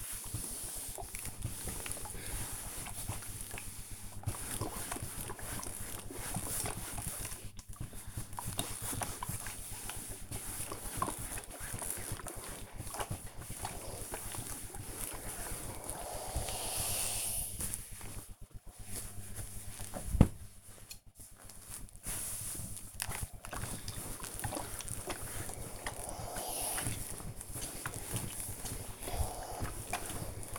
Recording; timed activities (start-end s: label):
household activities, microphone on the right wrist
0.00-30.59 s: ironing laundry